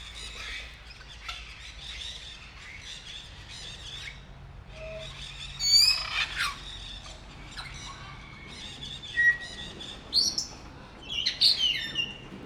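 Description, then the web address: Grey parrot calling with rasping squawks and short high whistles, sparse at first and then more frequent toward the end. Captive bird at Nyíregyháza Zoo, 2019. "allathangok nyiregyhazizoo 2019 professzionalis jako papagaj hosszabban nyiregyhaza"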